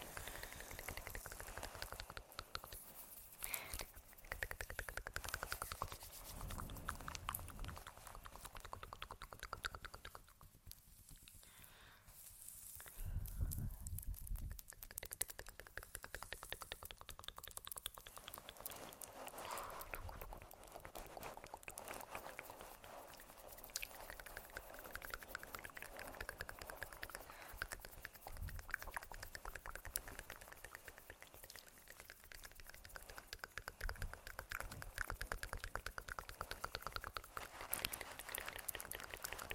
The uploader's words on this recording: Layered Sounds (Sleepy Mouth Sounds, Face Touching, Tapping).